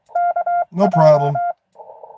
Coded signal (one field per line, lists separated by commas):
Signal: Morse code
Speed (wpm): 23 wpm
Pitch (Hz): 700 Hz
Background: speech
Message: KJ